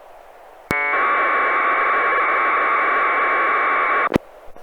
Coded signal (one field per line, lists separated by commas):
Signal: packet radio (AX.25, as in APRS)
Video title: Winlink Setup and Demo